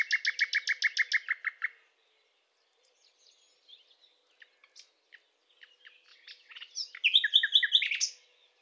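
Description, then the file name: Common nightingale song opening with a fast loud series of repeated notes, then soft scattered twitters building to a rich varied phrase. "Luscinia megarhynchos"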